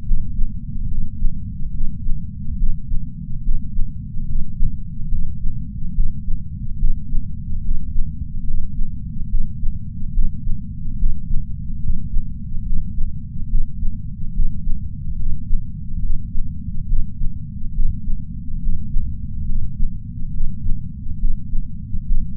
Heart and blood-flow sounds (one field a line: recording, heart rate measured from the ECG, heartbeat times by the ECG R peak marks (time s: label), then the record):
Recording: heart sounds by patch sensor on the chest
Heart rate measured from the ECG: 71 bpm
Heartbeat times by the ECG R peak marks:
0.04 s: heartbeat
0.88 s: heartbeat
1.71 s: heartbeat
2.56 s: heartbeat
3.42 s: heartbeat
4.26 s: heartbeat
5.09 s: heartbeat
5.93 s: heartbeat
6.77 s: heartbeat
7.62 s: heartbeat
8.45 s: heartbeat
9.28 s: heartbeat
10.12 s: heartbeat
10.97 s: heartbeat
11.80 s: heartbeat
12.63 s: heartbeat
13.48 s: heartbeat
14.33 s: heartbeat
15.17 s: heartbeat
16.00 s: heartbeat
16.86 s: heartbeat
17.73 s: heartbeat
18.60 s: heartbeat
19.46 s: heartbeat
20.31 s: heartbeat
21.18 s: heartbeat
22.05 s: heartbeat
From the record:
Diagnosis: coronary artery disease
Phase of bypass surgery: preoperative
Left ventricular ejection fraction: 60.7%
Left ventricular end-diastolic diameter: 49 mm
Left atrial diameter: 38 mm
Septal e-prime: 7.7 cm/s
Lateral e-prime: 8.9 cm/s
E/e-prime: 8.7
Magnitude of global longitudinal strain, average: 16.3%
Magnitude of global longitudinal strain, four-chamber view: 16.1%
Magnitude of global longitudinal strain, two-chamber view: 16.3%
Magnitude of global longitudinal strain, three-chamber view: 16.5%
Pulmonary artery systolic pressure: 21 mmHg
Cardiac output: 4.8 L/min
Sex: male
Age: 58 years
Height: 170 cm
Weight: 80 kg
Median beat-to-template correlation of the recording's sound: 0.88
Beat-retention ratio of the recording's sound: 1.00